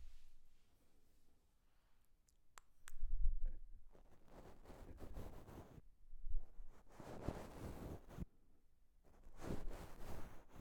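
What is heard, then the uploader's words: Bristles scrape and rub across a microphone in irregular bursts, rough, with sharp ticks early and louder swishing strokes after three seconds. ASMR Brushing The Microphone with Different Brushes.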